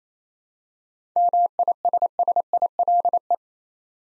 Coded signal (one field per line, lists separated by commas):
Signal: Morse code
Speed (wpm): 28 wpm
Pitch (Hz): 700 Hz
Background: none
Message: MISSILE